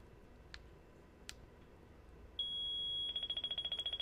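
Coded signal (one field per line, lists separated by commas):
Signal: pager alert tone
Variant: Unication P25 pager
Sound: two faint clicks, then a steady high beep turning into rapid warbling beeps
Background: quiet room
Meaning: Traffic on the designated paging talk group has set off the pager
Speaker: any traffic that is set on there activates the pager makes it go off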